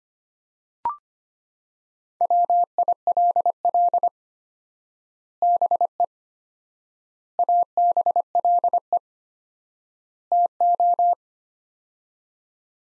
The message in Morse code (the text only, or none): WILL BE ABLE TO